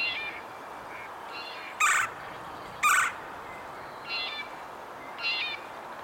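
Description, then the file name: Red-bellied woodpecker, rolling churr calls: two loud, harsh bursts about a second apart, with softer calls before and after over a steady hiss. "Melanerpes carolinus - Red-bellied Woodpecker"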